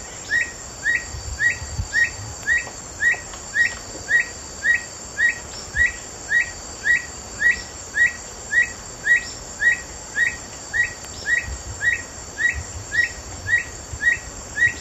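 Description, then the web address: Black bushbird singing a long, very even run of brief rising whistles, roughly two each second, with a constant high-pitched insect drone behind. Recorded in the eastern lowlands of South America. "Natures Songs S America Eastern Lowlands Black Bushbird"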